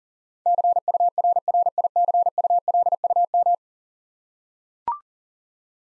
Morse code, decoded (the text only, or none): CURRICULUM